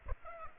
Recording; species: mosquito wingbeat signal from an infrared sensor; Aedes aegypti